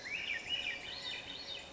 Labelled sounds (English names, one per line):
Swainson's Thrush